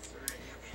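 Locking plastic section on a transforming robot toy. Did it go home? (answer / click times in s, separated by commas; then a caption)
released / 0.3 s. A locking plastic section on a 2010 Leader Class Battle Ops Bumblebee transforming robot toy is flipped up after being stuck firmly in place. A single sharp, bright snap rings out at 0.3 s over a low steady hum as the section pops free and is released.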